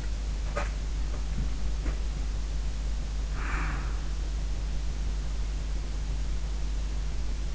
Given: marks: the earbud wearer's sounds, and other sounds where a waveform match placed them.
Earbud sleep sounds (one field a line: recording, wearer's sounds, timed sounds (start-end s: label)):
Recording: sounds in sleep by an in-ear microphone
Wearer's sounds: breath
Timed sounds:
2.91-4.14 s: breath